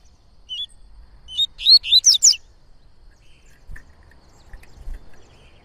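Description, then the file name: Yellow-bellied Seedeater song: a quick burst of high, sweet whistled and slurred notes lasting about two seconds, then quiet with faint low rumble. Bird singing a lot, performing the tui-tui song style. "Coleiro Baiano Cantando Muito Canto Tui Tui"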